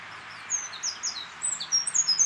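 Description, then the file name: Eurasian wren uttering quick, high, clipped notes in an uneven rapid sequence, with a faint low hum beneath. "Troglodytes troglodytes"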